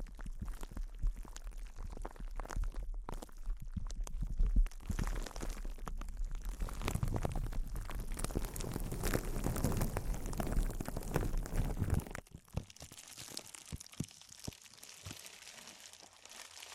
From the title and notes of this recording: ASMR Intense Close-Up Crinkles (No Talking).